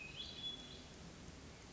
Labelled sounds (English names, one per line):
Hermit Thrush